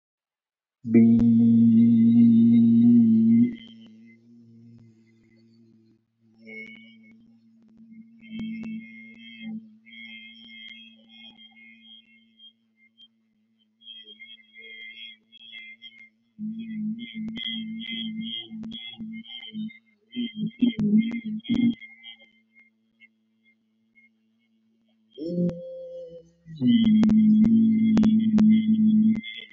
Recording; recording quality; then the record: sustained vowel as in beet; excellent, no background noise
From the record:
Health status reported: COVID-19 positive, mild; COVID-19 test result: positive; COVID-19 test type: RT-PCR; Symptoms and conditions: cough, cold, fever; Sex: male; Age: 25 years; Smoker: yes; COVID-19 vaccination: both doses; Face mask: not worn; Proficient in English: yes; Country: India